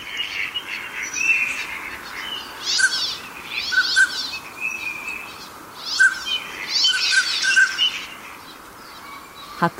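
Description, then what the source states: Northern pintail calls: soft whistled pips and drawn-out wheezy notes, repeated throughout. Recorded in the suburbs of Tokyo, Japan.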